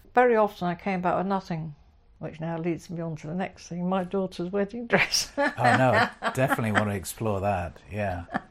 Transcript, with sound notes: Very often I came back with nothing, which now leads me on to the next thing, my daughter’s wedding dress (laughs)
Definitely want to explore that, yeah.